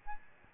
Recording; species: mosquito wingbeat signal from an infrared sensor; Aedes albopictus